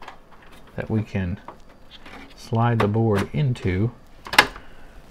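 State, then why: Seated. A recapped motherboard for a Dell Dimension 4550 desktop is slid along the guides of its tray into the PC case while someone talks. The board snaps and locks into place with a sharp click at 4.4 seconds.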